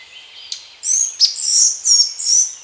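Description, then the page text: Collared flycatcher song: a short phrase of high, slurred whistles and squeaky notes lasting about two seconds. "Collared Flycatcher Song. Quick Sounds"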